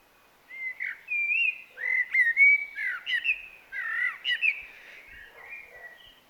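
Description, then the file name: Eurasian blackbird singing a run of mellow, fluty warbled notes that rise and fall, phrases following one another almost without pause, fading at the end. "Turdus merula"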